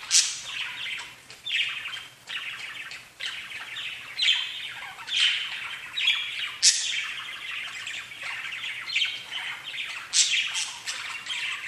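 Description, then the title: Budgerigar chatter, scratchy warbles mixed with high sharp squeaks, steady busy calling with a few louder peaks. "Budgie Sounds"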